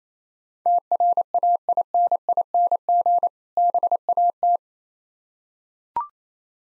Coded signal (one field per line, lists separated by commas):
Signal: Morse code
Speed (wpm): 28 wpm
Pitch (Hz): 700 Hz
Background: none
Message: TRAINING BAT